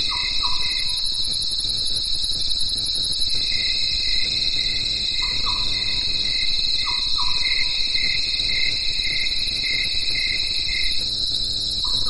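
Katydids and crickets fill a mountain night with a dense, unbroken, high shrill trill that holds steady throughout. Shorter, lower chirping calls repeat every second or two over it, with a faint low murmur underneath.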